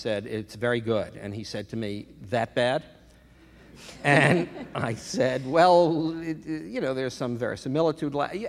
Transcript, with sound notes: And I said, it's very good. And he said to me, that bad?
(LAUGHTER)
And I said, well, you know, there's some verisimilitude.